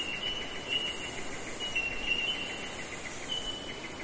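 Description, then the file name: Bell Miner calls, short pinging notes at irregular intervals above a sustained chiming chorus, with buzzing insects filling the background. Forest ambience in eastern Australia during summer, with insects. "nature forest ambience eastern australia summer bell minors insects. zapsplat"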